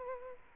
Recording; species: mosquito wingbeat signal from an infrared sensor; Aedes aegypti